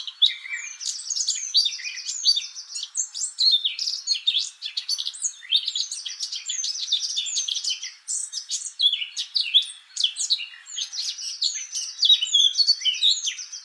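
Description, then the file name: Eurasian blackcap singing continuously, fast scratchy warbling mixed with clear whistled notes, with a few brief pauses. "Sylvia atricapilla"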